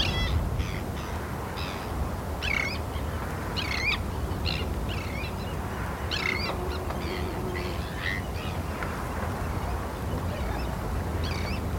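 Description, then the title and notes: Terns giving harsh, grating calls repeated roughly every second over a steady rushing background of rain. Terns calling at RSPB Hodbarrow nature reserve, Cumbria, heard from a wooden bird hide in autumn rain. "Sound Escape 32: listening to cries of terns from a bird hide at Hodbarrow, Cumbria. Shelter from autumn rain in a wooden bird hide and listen to the exotic cries of terns at RSPB Hodbarrow nature reserve in Cumbria. Recorded by Martin Maudsley"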